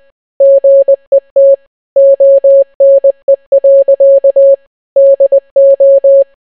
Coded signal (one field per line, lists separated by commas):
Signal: Morse code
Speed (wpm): 20 wpm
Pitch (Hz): 550 Hz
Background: none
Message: GET ONE. DO